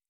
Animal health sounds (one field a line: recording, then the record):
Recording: hydrophone in a shrimp aquaculture tank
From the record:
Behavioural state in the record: normal